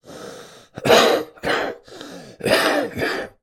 Human male with bad flu or cold chesty cough.